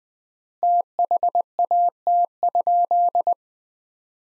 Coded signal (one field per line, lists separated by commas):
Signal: Morse code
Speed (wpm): 20 wpm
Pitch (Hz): 700 Hz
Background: none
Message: THAT?